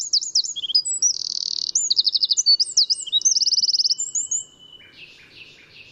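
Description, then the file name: Eurasian wren delivering rapid high trills and rattles for about four and a half seconds, followed by a few fainter, lower notes. "Troglodytes troglodytes"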